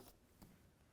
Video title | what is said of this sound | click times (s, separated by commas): How To Replace Fog Light Bulb 2007-2013 Acura MDX | to those three tabs line up and then turn it clockwise till it locks | 0.4 s